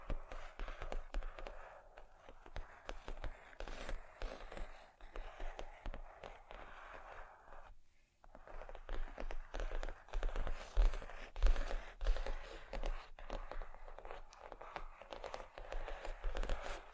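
Busy handling noises of scratching, tapping and rustling on materials like vinyl and wood, dense and irregular throughout. Short crinkly bursts and scrapes pile on one another, with a brief near-silent gap around eight seconds and a sharp knock near eleven.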